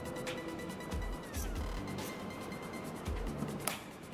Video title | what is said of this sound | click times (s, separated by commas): Instructables: Step by Step of Andee Sentry Gun | that now it should be snapped into place just like this now | 3.7 s